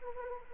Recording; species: mosquito wingbeat signal from an infrared sensor; Anopheles arabiensis